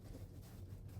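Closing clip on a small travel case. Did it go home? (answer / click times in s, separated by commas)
no / none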